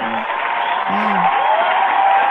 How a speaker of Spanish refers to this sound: Así que aplauso para ti.